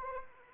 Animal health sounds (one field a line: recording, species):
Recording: mosquito wingbeat signal from an infrared sensor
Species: Anopheles arabiensis